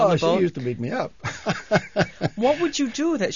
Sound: he laughs

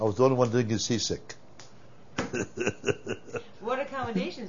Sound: he laughs

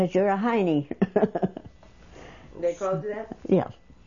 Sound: she laughs

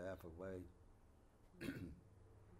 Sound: clears throat

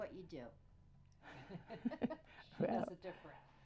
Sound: chuckles

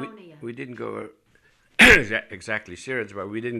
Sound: he clears his throat

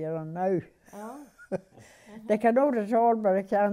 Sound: she laughs

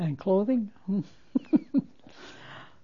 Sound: she laughs

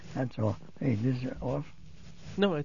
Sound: a rustling noise is heard

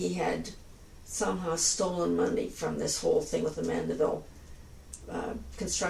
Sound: none

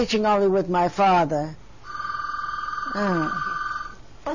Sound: telephone rings

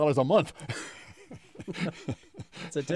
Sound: laughter

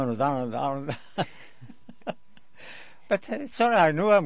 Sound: he laughs

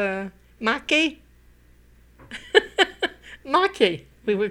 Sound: laughs

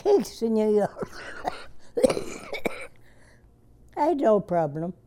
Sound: coughs

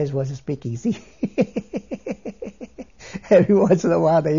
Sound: he laughs

